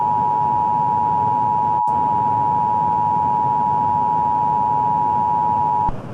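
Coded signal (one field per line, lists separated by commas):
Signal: Emergency Alert System (SAME) tones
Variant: 853 and 960 Hz attention tone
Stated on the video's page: Fictional EAS scenario.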